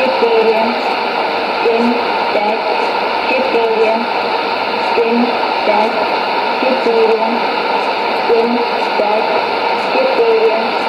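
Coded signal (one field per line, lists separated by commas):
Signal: numbers station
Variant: S06s Russian Lady, Russian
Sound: faint female voice reading short evenly spaced Russian words through heavy shortwave hiss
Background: radio static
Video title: 21 03 2017 Numbers station S06s Russian Lady in Russian to Eu 1100 on 6190 in CUSB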